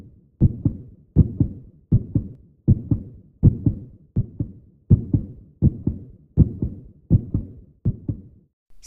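Steady, deep thumps come in close pairs, lub-dub, about 80 a minute, twelve beats in under nine seconds. The rhythm is even and there is no other sound behind it. This is a plain heartbeat at an ordinary resting rate.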